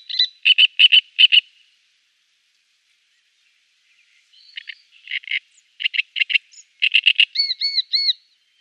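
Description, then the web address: Great reed warbler song: a burst of loud rasping croaks, a pause, then scratchy chattering notes ending in several clear, squeaky whistled notes. "Schulze Peter Great Reed-Warbler song"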